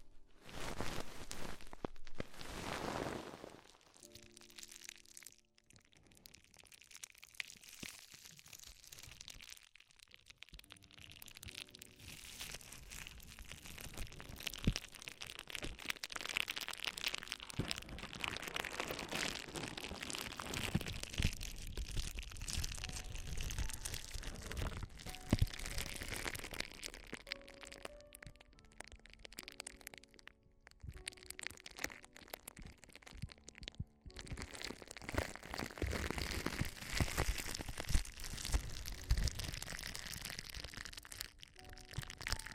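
Extremely tingly ear exploration: dense crackling and crinkling that fills the whole range from low to bright, mostly continuous with short pauses near 5, 10, 30 and 34 seconds. Brief tonal squeaks and scrapes recur around 5–8 and 27–33 seconds.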